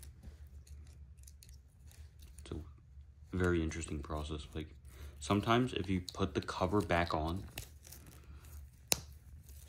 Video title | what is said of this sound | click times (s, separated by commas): How To Change The Battery In A Chevy/Buick/GMC Flip Key | your snaps into place and then you take it off the battery can fall out pull | 8.9 s